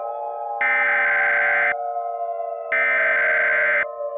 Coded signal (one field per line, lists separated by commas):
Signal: Emergency Alert System (SAME) tones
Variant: header bursts